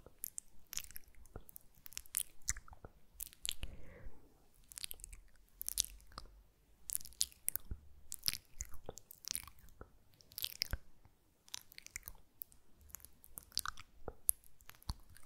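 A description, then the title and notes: Wet mouth sounds: quick lip smacks and clicks come in irregular bursts throughout, bright and crisp against a quiet, low hush. ASMR KISS SOUNDS and MOUTH SOUNDS TEST WITH TASCAM.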